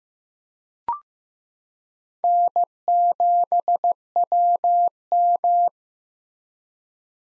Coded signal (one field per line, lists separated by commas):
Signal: Morse code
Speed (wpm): 15 wpm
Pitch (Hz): 700 Hz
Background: none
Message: N7WM